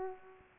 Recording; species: mosquito wingbeat signal from an infrared sensor; Culex pipiens